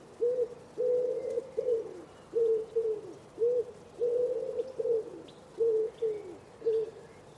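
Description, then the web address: Common Wood Pigeon coos: soft, throaty hooting notes in a rhythmic phrase, some drawn out and some short, with faint high chirps in the background. Bird-only recording from a 2025 soundscape bird dataset. "cianscape. Deverinetal"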